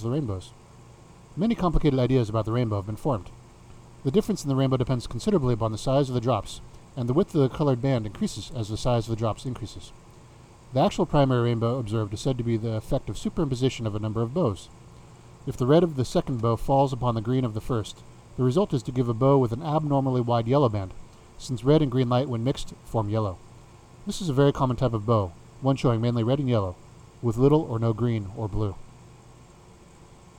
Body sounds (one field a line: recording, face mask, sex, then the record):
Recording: reading aloud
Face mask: none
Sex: male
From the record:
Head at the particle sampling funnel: facing it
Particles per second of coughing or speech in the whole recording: 1.56